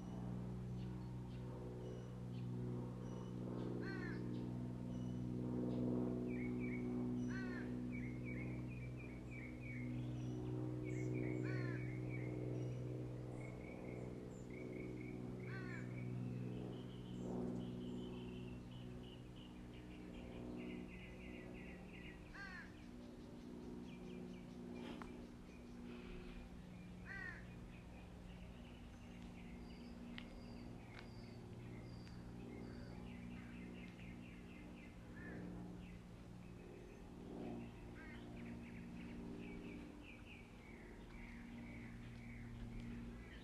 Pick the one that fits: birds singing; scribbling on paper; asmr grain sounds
birds singing